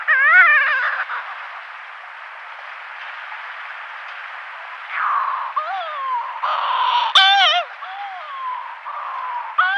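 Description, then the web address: Yelkouan shearwater calls: harsh, wavering harmonic wails at the start, a quiet stretch, then several overlapping rising and falling cries in the second half. "Yelkouan Shearwater"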